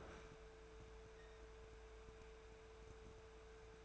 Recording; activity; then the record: daily activity, microphone in the room; open fridge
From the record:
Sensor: 2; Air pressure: 1014.7 hPa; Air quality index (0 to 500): 191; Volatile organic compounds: 16 ppm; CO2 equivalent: 2523 ppm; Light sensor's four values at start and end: 19/47/20/22 and 18/45/19/21